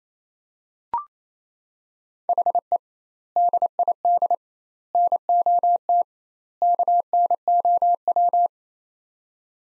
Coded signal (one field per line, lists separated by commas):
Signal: Morse code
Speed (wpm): 28 wpm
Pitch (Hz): 700 Hz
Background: none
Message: HE DID NOT KNOW